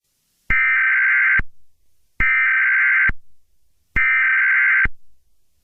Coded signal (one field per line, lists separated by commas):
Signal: Emergency Alert System (SAME) tones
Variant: header bursts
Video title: After The Flash - Radio EAS Mock